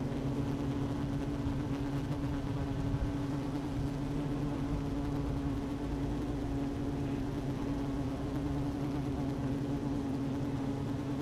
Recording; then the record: honeybee colony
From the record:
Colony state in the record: active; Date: 12 June 2018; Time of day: 11:40